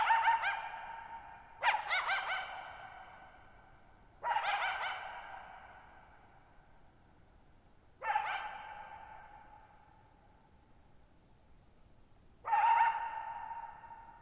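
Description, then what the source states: Coyote giving five barking calls, each abrupt at the start and fading slowly through a long reverberant tail, spaced a few seconds apart. Lone coyote at night, July 14, 2019, near Thirtymile Meadows, Okanogan National Forest, Okanogan High Country, Pacific Northwest, 6400 ft (1950 m); high dry plateau, shallow bowl-shaped meadow with boggy ground.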